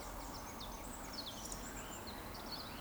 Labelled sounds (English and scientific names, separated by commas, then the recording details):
Eurasian Woodcock (Scolopax rusticola)
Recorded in Baden-Württemberg, Germany, on 16 June 2020 at 20:21 UTC
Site 14569, 102 m above sea level